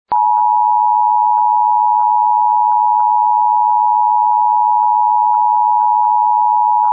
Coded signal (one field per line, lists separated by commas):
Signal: Emergency Alert System (SAME) tones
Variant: 853 and 960 Hz attention tone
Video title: [EAS] Flash Flood Warning for City of Walker (7/11/2025)